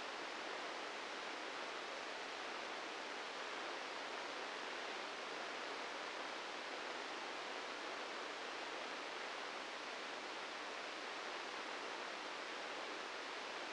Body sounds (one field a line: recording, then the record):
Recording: brain microelectrode recording played as sound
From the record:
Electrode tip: inside the subthalamic nucleus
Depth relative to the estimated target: -1 mm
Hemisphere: left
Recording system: NeuroSet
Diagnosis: Parkinson's disease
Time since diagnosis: 13 years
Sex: male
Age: 65 years